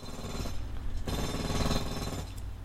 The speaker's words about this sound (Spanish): Aquí taladrándonos un poquito.